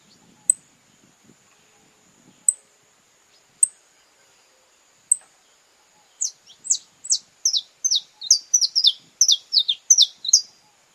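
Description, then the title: Belgian canary song: a few isolated sharp high chips, then a fast run of descending whistled notes, several per second, over a steady thin high whine. Purebred Belgian canary. "Canto Do Canário Belga Puro"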